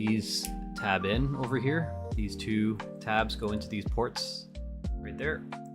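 Two plastic tabs on a transforming robot toy are being lined up with their matching ports while someone talks over music playing in the background. Nothing has seated or clicked yet.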